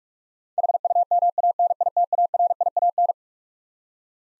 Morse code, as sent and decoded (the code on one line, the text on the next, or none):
.... ..- -- .- -. .. - .- .-. .. .- -.
HUMANITARIAN